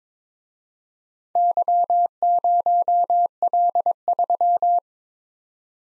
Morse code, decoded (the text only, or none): Y0L3